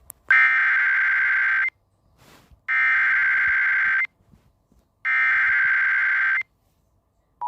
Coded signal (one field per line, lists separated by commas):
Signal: Emergency Alert System (SAME) tones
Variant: header bursts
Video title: Eas FFW Eas#396